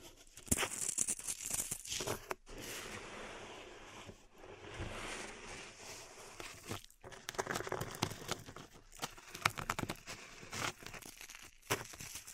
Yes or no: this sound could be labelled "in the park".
no